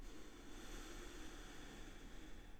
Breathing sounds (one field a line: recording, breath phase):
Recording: one breath near a microphone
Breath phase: inhalation